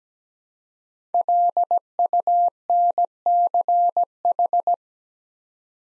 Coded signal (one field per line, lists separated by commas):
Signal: Morse code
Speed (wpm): 17 wpm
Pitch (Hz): 700 Hz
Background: none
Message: LUNCH